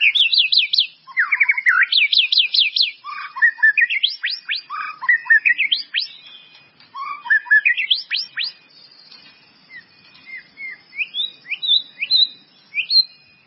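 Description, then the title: White-rumped Shama song: fast rolling trills and sweeping whistled notes at first, then softer, sparse high phrases. "murai batu"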